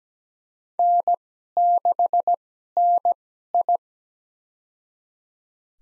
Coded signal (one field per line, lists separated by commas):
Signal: Morse code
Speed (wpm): 17 wpm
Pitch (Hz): 700 Hz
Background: none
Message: N6NI